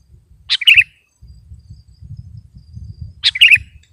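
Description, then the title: Sooty-headed bulbul song: two quick bubbly phrases of several chirpy notes, nearly three seconds apart, with low rumbling noise between them. "kutilang"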